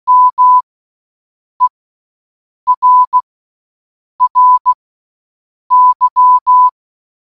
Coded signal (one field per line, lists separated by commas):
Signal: Morse code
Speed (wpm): 16 wpm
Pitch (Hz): 1000 Hz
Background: none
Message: MERRY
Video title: "MERRY CHRISTMAS" Audio In Morse Code